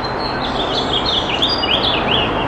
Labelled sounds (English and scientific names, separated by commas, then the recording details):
House Finch (Haemorhous mexicanus) song
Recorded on Long Island, New York, on 13 June 2011
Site MH
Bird A